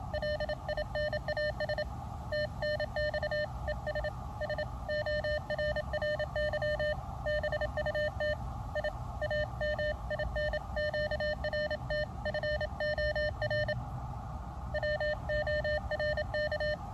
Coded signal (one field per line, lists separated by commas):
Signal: Morse code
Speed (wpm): 28 wpm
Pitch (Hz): 600 Hz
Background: none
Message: LINAS TNX ES SORRY BUT I AM IN QRT FOR WORK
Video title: Pedestrian mobile with Elecraft KX2 .Urban QRP from The Hill Of Three Crosses!